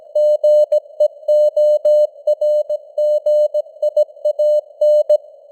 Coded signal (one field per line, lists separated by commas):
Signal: Morse code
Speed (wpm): 17 wpm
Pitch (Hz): 600 Hz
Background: none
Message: GEORGIAN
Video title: Morse Code News | 2025-10-18 | 17wpm